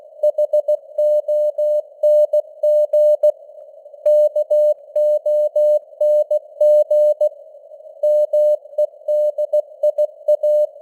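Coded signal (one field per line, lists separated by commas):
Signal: Morse code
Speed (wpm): 16 wpm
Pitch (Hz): 600 Hz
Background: none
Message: HONG KONG MEDIA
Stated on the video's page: Morse news headlines at 16 wpm with simulated radio noise and varying signal strength (QSB).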